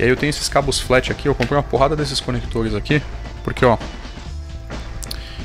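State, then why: Seated. Someone talks over background music while a 20-pin flat ribbon cable's plastic connector is pressed onto a pin header on a relay board. Two sharp, short clicks come at 5.0 s and 5.1 s, and the connector snaps fully seated with an exact fit.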